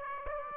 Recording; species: mosquito wingbeat signal from an infrared sensor; Aedes aegypti